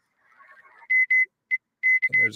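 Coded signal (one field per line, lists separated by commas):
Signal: Morse code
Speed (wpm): 26 wpm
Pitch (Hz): 2050 Hz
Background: speech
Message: MEK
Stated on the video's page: Live HF amateur radio contacts made during a live stream.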